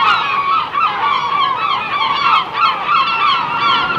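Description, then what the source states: Gulls calling in a dense, continuous chorus of harsh, overlapping cries. Seagulls on the shore.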